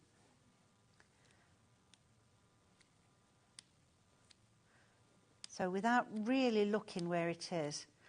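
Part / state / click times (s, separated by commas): tool point into positioning hole / not seated / none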